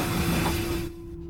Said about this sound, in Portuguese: Vem, ouviu isso? O trem vai estar aqui, vem com a gente.